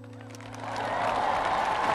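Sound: audience applause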